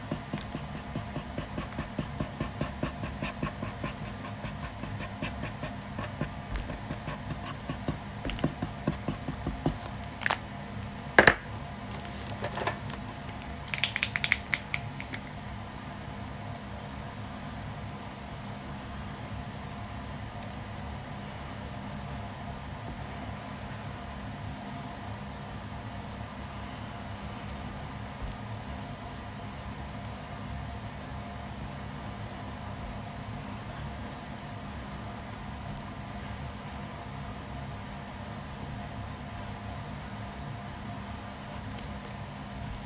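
Drawing: scratchy clicks and a few bright scrapes during the first fifteen seconds, then only a steady low hum.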